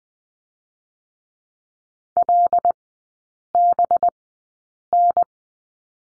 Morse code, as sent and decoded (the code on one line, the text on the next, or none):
.-.. -... -.
LBN